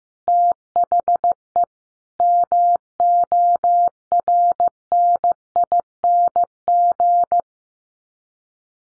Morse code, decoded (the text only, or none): THE MORNING